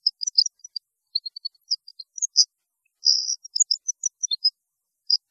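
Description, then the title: European goldfinch song, quick high twittering and tinkling notes with short buzzy trills and brief pauses. "Chant Chardonneret"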